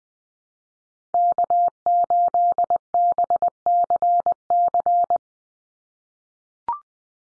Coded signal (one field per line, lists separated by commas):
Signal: Morse code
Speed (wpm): 20 wpm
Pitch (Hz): 700 Hz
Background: none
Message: K8BCC